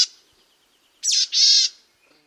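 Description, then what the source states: Boreal Chickadee giving a wheezy call: a high note, then after a pause two harsh, buzzy notes. Calls sent through dense coniferous forests as the birds flit from tree to tree.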